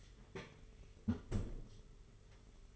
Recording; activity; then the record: daily activity, microphone in the room; close fridge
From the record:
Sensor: 4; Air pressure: 991.8 hPa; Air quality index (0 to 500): 104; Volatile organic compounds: 14 ppm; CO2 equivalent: 2452 ppm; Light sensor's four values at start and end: 19/64/24/24 and 20/66/24/24